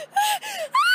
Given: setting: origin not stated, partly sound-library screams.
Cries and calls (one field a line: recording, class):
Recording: one-second piece from a danger detection set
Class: woman in danger